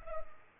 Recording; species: mosquito wingbeat signal from an infrared sensor; Culex pipiens